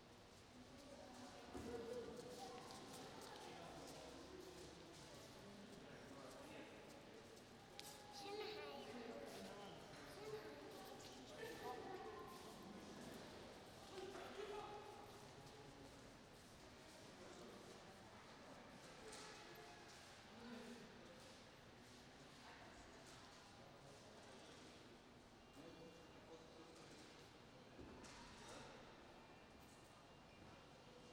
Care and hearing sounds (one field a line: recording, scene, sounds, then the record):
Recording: everyday scene through a hearing-aid microphone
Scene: reverberant space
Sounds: background noise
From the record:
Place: railway station hall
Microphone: in the ear canal, right